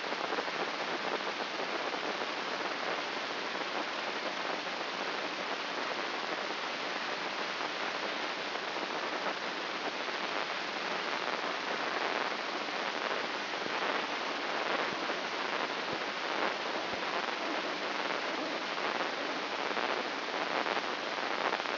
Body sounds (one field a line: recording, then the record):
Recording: brain microelectrode recording played as sound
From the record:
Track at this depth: outside the subthalamic nucleus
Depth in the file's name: 7.628 mm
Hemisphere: left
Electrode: 3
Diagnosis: Parkinson's disease